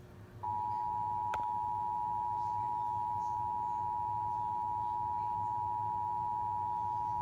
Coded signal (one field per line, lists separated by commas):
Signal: Emergency Alert System (SAME) tones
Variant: 853 and 960 Hz attention tone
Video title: 2021 VA Tornado Drill(EAS 437-457)